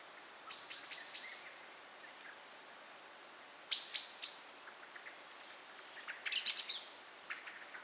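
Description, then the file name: Common blackbird giving scattered, fainter chinking calls at irregular intervals over steady background hiss. "Turdus merula"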